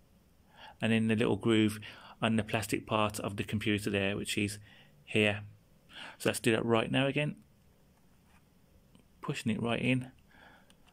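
A laptop memory module is lined up by its notch and pushed at an angle into the motherboard SO-DIMM slot of an Asus X550CA during an upgrade from the stock 4GB to 8GB. Someone talks throughout, with a few faint short ticks near the end. The module is only being positioned, and nothing has seated or clicked yet.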